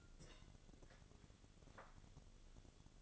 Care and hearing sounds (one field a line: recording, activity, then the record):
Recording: daily activity, microphone in the room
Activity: take from stove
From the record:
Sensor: 4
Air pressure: 1008.8 hPa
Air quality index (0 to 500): 128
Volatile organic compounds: 1 ppm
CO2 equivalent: 932 ppm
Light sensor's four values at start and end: 10/24/9/9 and 11/24/9/9